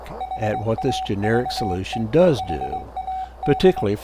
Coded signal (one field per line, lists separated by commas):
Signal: Morse code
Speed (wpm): 22 wpm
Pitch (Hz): 750 Hz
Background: speech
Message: HAVE HAD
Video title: STM32F411 BlackPill SDR Demodulator & GUI